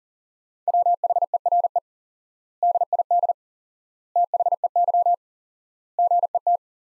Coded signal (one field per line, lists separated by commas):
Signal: Morse code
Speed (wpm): 40 wpm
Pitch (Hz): 700 Hz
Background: none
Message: WHERE DID THEY GET